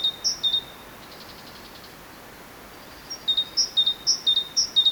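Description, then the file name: Great tit: two opening phrases of paired notes, a faint rattle, silence, then a steady series of about four more phrases. "Parus major"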